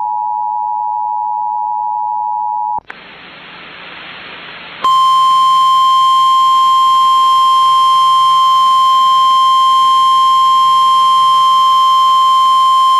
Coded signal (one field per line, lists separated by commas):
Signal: Emergency Alert System (SAME) tones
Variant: 853 and 960 Hz attention tone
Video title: WE ARE HALF WAY TO EAS #500 EAS Alerts From 4/9/21 (EAS #445-457)